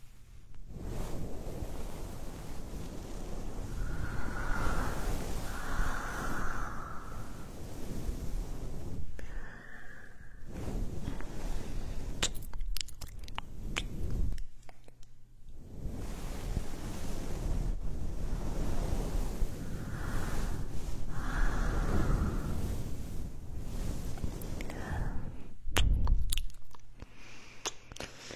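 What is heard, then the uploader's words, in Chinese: An ear massage of deep, rumbling rubbing that swells and fades in long waves, with scattered sharp crackles and pops around twelve and twenty-six seconds. 按摩耳朵刺激大脑。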